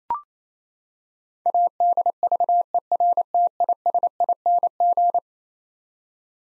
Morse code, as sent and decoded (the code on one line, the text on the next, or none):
.- -.. ...- . .-. - .. ... .. -. --.
ADVERTISING